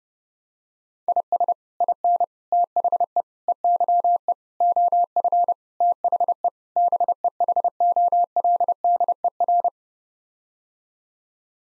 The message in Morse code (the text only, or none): IS IN THE EYE OF THE BEHOLDER